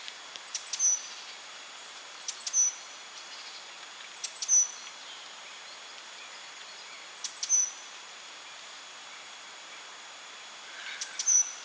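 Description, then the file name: Great tit giving very high, thin call notes in short clusters of three or four, each cluster returning every few seconds over faint hiss. "Parus major"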